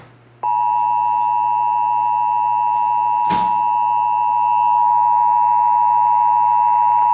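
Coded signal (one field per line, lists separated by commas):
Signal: Emergency Alert System (SAME) tones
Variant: 853 and 960 Hz attention tone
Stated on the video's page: Real EAS severe thunderstorm warning relayed by a TV station and an AM station.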